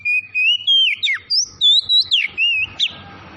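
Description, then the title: Oriental magpie-robin delivering a rapid string of sweet whistles, each note sliding or bending in pitch. Tretes variety, singing vigorously (gacor). "Kacer Tretes Gacor"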